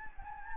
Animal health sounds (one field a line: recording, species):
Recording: mosquito wingbeat signal from an infrared sensor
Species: Anopheles gambiae